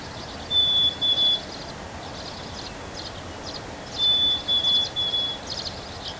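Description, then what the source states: Bird song in two bursts of high, thin, steady whistles with soft twittering between them, over steady background noise. 3 May 2023.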